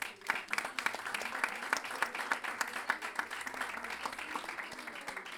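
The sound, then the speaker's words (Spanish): An audience at the Escuela Superior de Jazz applauds steadily, many hands clapping in a dense, continuous patter of bright sharp claps that holds at an even, fairly loud level throughout. “Bueno, gracias también a Luis Órdenes, un aplauso para...”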